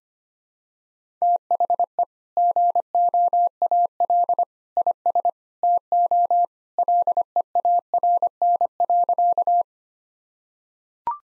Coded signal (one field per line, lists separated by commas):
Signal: Morse code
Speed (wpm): 25 wpm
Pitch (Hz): 700 Hz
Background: none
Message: THE GOAL IS TO LEARN.